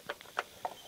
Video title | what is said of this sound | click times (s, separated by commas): Tickling the Points PART 2 | Clunk. That's it. It's in place. | 0.4 s